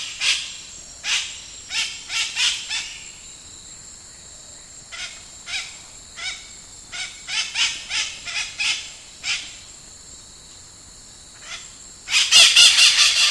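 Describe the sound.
White-eyed parakeet giving harsh, grating screeches in irregular series with pauses, ending in a louder burst of rasping calls.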